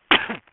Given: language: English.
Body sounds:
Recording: throat vibration sensor signal played as sound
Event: cough

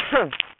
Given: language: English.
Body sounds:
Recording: throat vibration sensor signal played as sound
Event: cough

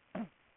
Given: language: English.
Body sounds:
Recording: throat vibration sensor signal played as sound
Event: cough

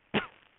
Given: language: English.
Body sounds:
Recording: throat vibration sensor signal played as sound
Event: cough

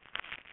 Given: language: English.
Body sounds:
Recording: throat vibration sensor signal played as sound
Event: swallow

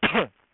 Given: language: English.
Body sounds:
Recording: throat vibration sensor signal played as sound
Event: cough

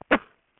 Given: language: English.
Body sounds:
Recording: throat vibration sensor signal played as sound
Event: cough

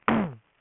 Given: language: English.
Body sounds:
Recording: throat vibration sensor signal played as sound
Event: throat clearing

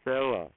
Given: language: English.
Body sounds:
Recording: throat vibration sensor signal played as sound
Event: speech

